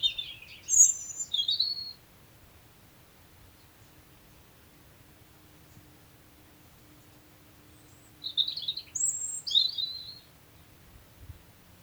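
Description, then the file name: European robin song: two short bursts of high, liquid twittering and thin whistles, divided by about six seconds of silence. "Erithacus rubecula"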